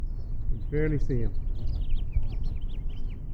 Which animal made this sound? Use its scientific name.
Haemorhous mexicanus